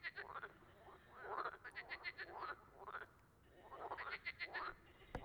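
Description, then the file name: Frogs croaking in a chorus, bursts of rapid rasping pulses overlapping and rising and falling in loudness, with brief quiet gaps between bouts. Amphibians singing, 18 March 2017. "2017-03-18 tuilerie chant amphibiens grenouilles"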